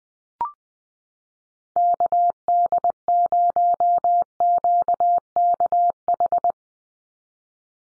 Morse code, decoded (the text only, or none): KD0QKH